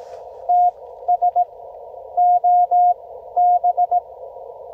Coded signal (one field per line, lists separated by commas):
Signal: Morse code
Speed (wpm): 17 wpm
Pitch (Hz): 700 Hz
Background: none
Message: TS OB